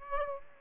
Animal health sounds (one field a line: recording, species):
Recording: mosquito wingbeat signal from an infrared sensor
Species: Aedes aegypti